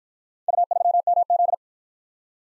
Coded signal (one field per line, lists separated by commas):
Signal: Morse code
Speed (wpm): 51 wpm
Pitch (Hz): 700 Hz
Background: none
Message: U3MZ